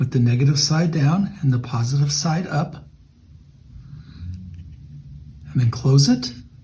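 A CR2032 coin cell sits negative side down and positive side up in the battery compartment of a CHI Stone handheld device, and the small plastic battery cover is being closed over it. Someone talks, then faint handling sounds come through around 4.3 s and 4.5 s before the talking resumes. Nothing has snapped shut or seated yet.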